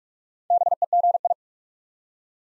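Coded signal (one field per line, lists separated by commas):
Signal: Morse code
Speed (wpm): 44 wpm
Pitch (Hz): 700 Hz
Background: none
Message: BEGI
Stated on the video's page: Morse practice drill at 45wpm building 5-letter words one letter at a time for instant character recognition.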